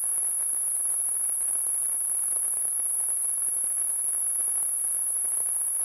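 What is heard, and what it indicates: Simulated tinnitus: a steady, very high-pitched ringing tone over a faint crackling noise.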